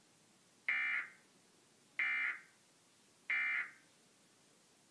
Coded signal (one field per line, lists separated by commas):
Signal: Emergency Alert System (SAME) tones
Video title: KCRG 9.1 Required Weekly Test #12 (EAS #341)